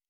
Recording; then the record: hydrophone in a shrimp aquaculture tank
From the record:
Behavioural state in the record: normal